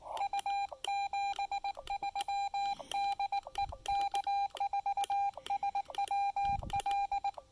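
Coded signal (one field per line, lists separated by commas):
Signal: Morse code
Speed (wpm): 19 wpm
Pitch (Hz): 800 Hz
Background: none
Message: U 73 DE K4SWL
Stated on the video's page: Sent during a casual trailside QRP park activation using a Xiegu X5105 with a PackTenna 9:1 unun antenna.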